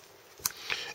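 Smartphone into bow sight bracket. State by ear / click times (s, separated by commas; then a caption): seated / 0.5 s. An iPhone 4S is slid into a Firenock iBowSight bow-sight bracket that grips the phone at all eight corners. A sharp click at 0.5 s marks the phone seating in the bracket, followed by a softer scraping sound around 0.7 s as the handling continues. The phone is seated.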